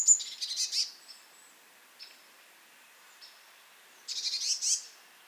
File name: Cyanistes caeruleus